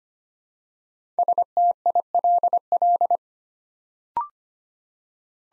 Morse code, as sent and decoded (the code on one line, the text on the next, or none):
... - .. .-.. .-..
STILL